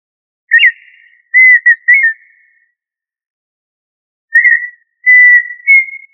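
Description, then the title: Tinamou giving pure whistled phrases, each a short upslurred note followed by level, slightly wavering whistles, heard twice with a quiet gap between. "Familia Tinamidae - Quail - Puyuh"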